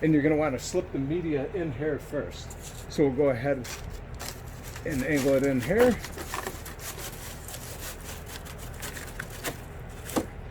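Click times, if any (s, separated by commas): 9.2 s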